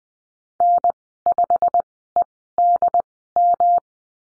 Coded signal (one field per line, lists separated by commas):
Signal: Morse code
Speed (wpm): 20 wpm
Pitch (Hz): 700 Hz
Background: none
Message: N5EDM